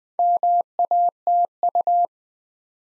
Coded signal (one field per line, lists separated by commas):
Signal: Morse code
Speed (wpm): 20 wpm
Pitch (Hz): 700 Hz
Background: none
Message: MATU